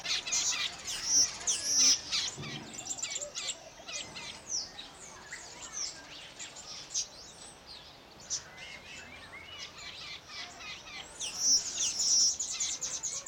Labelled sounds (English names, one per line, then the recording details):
Southern Red Bishop
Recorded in captivity
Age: adult
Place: Zoo Berlin, Berlin, DE
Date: 1992-08-22 11:10
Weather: heiter, 17-20°C
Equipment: Marantz CP 430, Sennheiser ME 80, Kopie Tesla B 116
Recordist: Tembrock, Günter
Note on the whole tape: Gesang, nicht gesehen, Abstand ca. 2 m